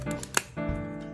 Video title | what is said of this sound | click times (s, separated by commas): [혀니뷰] 생활필수품이 된 손소독제 - 희스클로쓰 토닥토닥 손소독제 | 닫을 땐 이렇게 딸깍 소리가 나게 닫아야 제대로 다친 거야 | 0.4 s